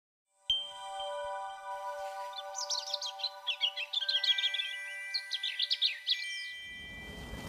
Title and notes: Robin : Recording of a European Robin in Berlin in October 2023. Copyright Lars Lachmann